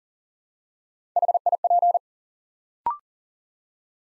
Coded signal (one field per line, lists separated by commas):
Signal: Morse code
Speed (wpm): 37 wpm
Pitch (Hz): 700 Hz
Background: none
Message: HIP